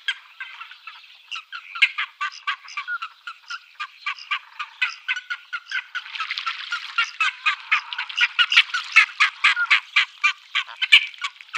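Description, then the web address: Ferruginous duck calls, a dense run of short harsh nasal notes, growing louder toward the end. "Schulze Peter Ferruginous Duck"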